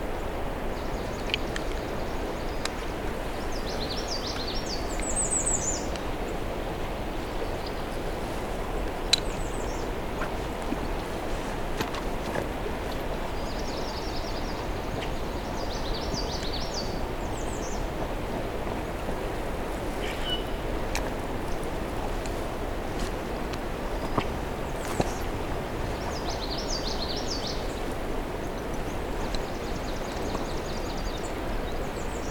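Songbirds sing over a steady, dense wash of low rumbling noise that fills the whole clip. Bright, quick chirps and trills surface every few seconds, around 3, 7, 14, 16, 25 and 28 seconds, with occasional sharp clicks in between.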